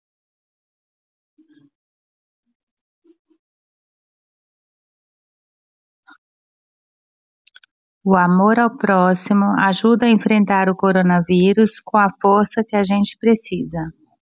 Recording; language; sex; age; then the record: spoken sentence; Brazilian Portuguese; female; 40 to 49 years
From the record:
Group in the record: control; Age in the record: 48 years